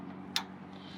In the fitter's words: you'll hear it click that means it's in